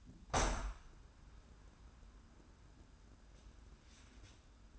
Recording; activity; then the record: daily activity, microphone in the room; open window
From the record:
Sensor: 2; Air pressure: 994.3 hPa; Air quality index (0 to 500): 210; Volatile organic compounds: 1000 ppm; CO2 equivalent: 6988 ppm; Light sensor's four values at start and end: 74/176/72/73 and 82/191/80/81